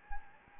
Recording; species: mosquito wingbeat signal from an infrared sensor; Anopheles gambiae